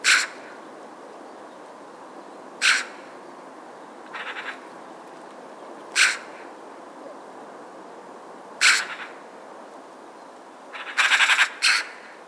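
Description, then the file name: Eurasian magpie giving harsh, dry chak notes every few seconds, then a rapid rattling chatter and a final chak, over a steady soft hiss. "Pica pica"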